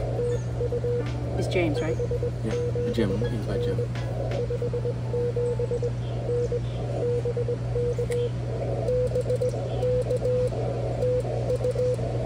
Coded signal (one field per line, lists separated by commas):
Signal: Morse code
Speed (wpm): 20 wpm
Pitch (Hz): 480 Hz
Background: speech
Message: TU 57N 57 N BK BK TU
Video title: Exploring Huntsville Hamfest: A Weekend Camping Trip with Friends at Monte Sano 2024